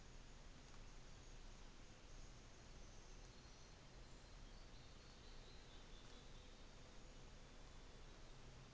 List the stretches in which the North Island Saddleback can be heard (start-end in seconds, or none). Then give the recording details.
none. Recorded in New Zealand on 24 December 2018. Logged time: 13:10